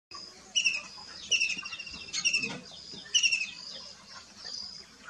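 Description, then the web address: Kingfisher giving short, high, shrill trilled calls in several separate bursts over a few seconds, with soft background noise between them. "sound Kingfishers. صدای-ماهی-خورک"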